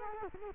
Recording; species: mosquito wingbeat signal from an infrared sensor; Culex quinquefasciatus